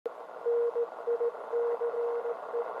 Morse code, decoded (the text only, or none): NICE